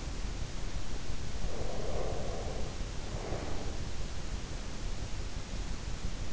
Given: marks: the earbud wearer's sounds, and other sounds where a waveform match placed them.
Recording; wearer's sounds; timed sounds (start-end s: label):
sounds in sleep by an in-ear microphone; breath
1.39-3.92 s: breath